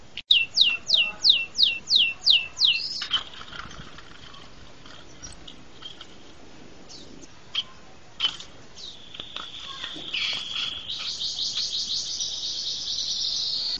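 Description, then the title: Bird song: a quick series of about eight sharp, descending high notes over three seconds, then scattered chirps and a thin high hiss. "LuckyKumpulan SuaraBurung"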